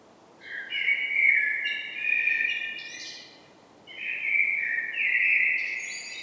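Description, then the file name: Common blackbird delivering rich, whistled warbling phrases with brief high chattering ends, two phrases separated by a short gap. "Turdus merula"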